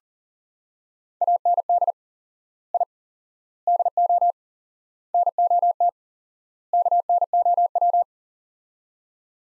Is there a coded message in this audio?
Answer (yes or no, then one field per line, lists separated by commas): yes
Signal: Morse code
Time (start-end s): 1.2-8.0 s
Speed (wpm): 40 wpm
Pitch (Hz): 700 Hz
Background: none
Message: AND I DO NOT KNOW